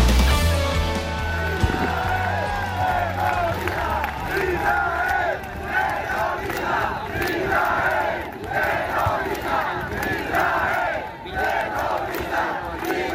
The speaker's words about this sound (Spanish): Gritos de Israel terroristas en esa etapa que hoy llegaba a Bilbao, sonido e imágenes que podéis ver,